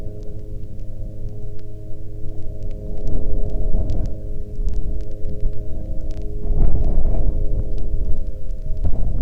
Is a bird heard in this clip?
no